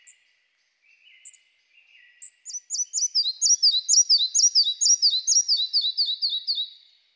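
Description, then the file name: Red-breasted flycatcher gives a few soft, thin call notes, then launches into a long series of bright, high, repeated two-part notes that slowly descend and fade. "Mathias Ritschard - Malaya muholovka Ficedula parva"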